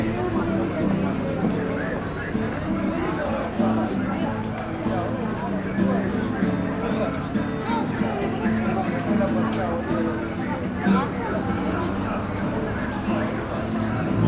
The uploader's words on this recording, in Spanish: Peatonal Drago (Gregory Street). 19.15hs aprox. Drago esq. O'Higgins.